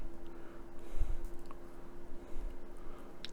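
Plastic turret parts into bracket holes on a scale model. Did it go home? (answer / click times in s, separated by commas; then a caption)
yes / 1.5 s, 3.2 s. Two small plastic gun-turret parts for a Hachette Lancaster B III scale model bomber are pressed onto pins in the two holes of a bracket, over a low steady hum. They snap into place with small sharp clicks at 1.5 s and 3.3 s, and both parts are seated.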